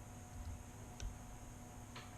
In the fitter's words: It does not click into that half stop position in a in a very satisfying way at all.